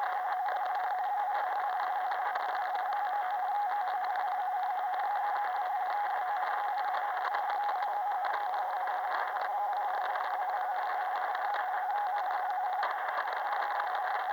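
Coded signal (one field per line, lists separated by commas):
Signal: RTTY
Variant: DDH47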